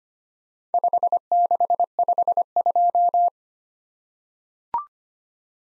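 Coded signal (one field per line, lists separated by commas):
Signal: Morse code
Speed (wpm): 25 wpm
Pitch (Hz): 700 Hz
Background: none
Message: 5652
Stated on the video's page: Morse practice drill of random four-character letter-number groups at 25 wpm, each sent, then spoken, then sent again for head-copy.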